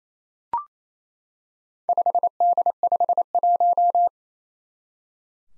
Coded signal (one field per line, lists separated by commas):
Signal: Morse code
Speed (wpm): 27 wpm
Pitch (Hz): 700 Hz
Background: none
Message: 5D51